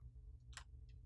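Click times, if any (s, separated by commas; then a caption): none. A tricolor ink cartridge is handled at the left slot of the carriage of an HP ENVY 5540 printer, contacts facing the back, before being slid in and pressed firmly. A few small, sharp plastic taps sound over a steady low hum, the strongest around 0.6 s with lighter ones near 0.9 s and 1.1 s. Nothing has seated or clicked into place yet.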